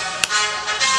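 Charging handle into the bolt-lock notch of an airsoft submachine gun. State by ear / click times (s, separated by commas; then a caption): seated / 0.2 s. The charging handle of an airsoft submachine gun is pulled back and clicked into its safety notch, locking the bolt back. A single sharp click lands at 0.2 s over steady background music. The handle seats in the locking notch.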